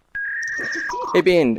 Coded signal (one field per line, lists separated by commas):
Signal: fax machine handshake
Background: speech